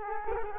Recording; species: mosquito wingbeat signal from an infrared sensor; Culex quinquefasciatus